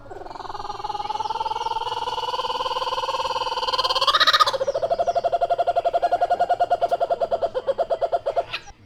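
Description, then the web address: Laughing kookaburra laughing call: a long, even, harmonic note swells into a loud burst, then breaks into rapid, rhythmic chuckling pulses. Captive bird recorded at a zoo in 2013. "veszpremizoo. kookaburra kacagojancsi"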